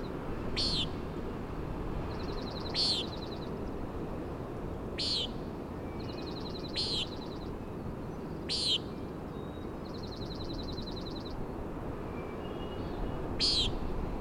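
Common Nighthawk repeating harsh nasal peents, mostly about two seconds apart, with another bird's rapid ticking trill between them and a constant roar of wind and surf.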